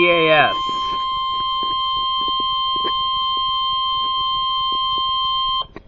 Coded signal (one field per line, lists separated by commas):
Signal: Emergency Alert System (SAME) tones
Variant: 1050 Hz attention tone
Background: speech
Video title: Severe Thunderstorm Warning (EAS #30) 3/15/12